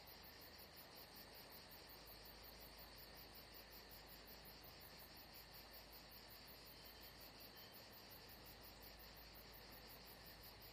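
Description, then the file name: Crickets chirping in a dense, steady high-pitched chorus of rapid pulses, running continuously over a soft broad background hiss. Atmosphere at Saint-Jean-de-Luz. "Saint Jean De Luz Crickets Atmosphere Only Paul Parker Sven Jungbeck"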